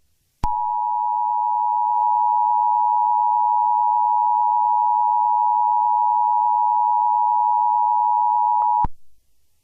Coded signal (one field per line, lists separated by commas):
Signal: Emergency Alert System (SAME) tones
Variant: 853 and 960 Hz attention tone